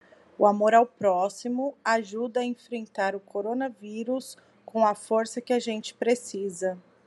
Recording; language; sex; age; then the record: spoken sentence; Brazilian Portuguese; female; 30 to 39 years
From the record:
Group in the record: control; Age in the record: 35 years